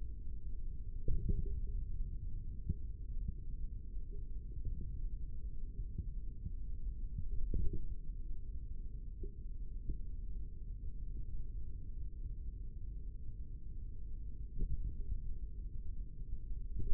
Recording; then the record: forearm muscle sounds (acoustic myography)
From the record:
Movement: index flexion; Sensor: system 3, bracelet of six PUI Audio POM-2738L microphones around the upper forearm, with dedicated amplification and filtering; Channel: 5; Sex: male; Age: 25 years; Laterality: right